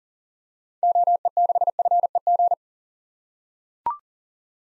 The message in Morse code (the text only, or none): OE6FEG